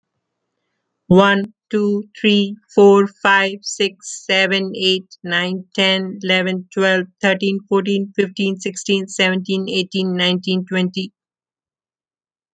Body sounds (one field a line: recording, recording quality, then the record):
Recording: counting at a normal pace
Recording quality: excellent, no background noise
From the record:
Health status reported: healthy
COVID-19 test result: negative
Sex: female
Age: 46 years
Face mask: not worn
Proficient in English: yes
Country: United States